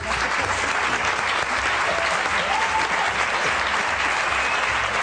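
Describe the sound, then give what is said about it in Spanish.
A show audience applauds steadily for about five seconds for guest actress and philologist Eva María Hernández, a dense, even wash of many hands clapping at once, with no pauses and no voices over it. “Un aplauso.”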